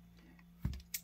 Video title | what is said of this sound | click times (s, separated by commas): Umarex Air Javelin velocity loss | When you shove them in, you'll feel it click, kind of snap in. | 1.0 s